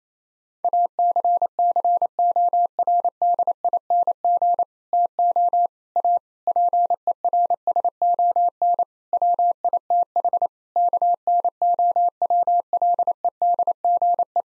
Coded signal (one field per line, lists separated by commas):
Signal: Morse code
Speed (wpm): 27 wpm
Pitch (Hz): 700 Hz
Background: none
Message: ACCORDING TO A PERSON WITH KNOWLEDGE